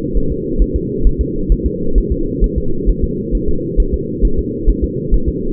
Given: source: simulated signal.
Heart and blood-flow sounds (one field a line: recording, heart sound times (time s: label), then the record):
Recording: fetal heart sounds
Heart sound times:
0.17 s: S1
0.32 s: S2
0.62 s: S1
0.76 s: S2
1.07 s: S1
1.21 s: S2
1.52 s: S1
1.66 s: S2
1.98 s: S1
2.12 s: S2
2.44 s: S1
2.58 s: S2
2.89 s: S1
3.04 s: S2
3.35 s: S1
3.49 s: S2
3.80 s: S1
3.94 s: S2
4.25 s: S1
4.39 s: S2
4.69 s: S1
4.84 s: S2
5.14 s: S1
5.29 s: S2
From the record:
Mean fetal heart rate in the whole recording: 135 bpm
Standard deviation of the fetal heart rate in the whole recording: 3 bpm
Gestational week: 36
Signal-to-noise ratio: -8.1 dB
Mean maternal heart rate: 72 bpm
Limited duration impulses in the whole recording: absent